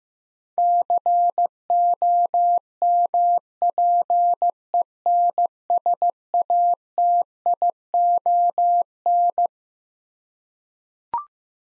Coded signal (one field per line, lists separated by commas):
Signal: Morse code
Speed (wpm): 15 wpm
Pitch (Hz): 700 Hz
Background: none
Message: COMPENSATION